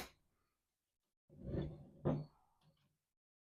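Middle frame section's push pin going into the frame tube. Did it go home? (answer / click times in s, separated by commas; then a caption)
no / none. The middle section of a metal frame is slid onto the frame tube by hand, its push pin not yet pushed into place. After a short scrape at the start and a pause, a rough sliding, scraping rumble runs from about 1.3 to 2.9 seconds, peaking near 2.1 seconds. Nothing has seated or clicked yet.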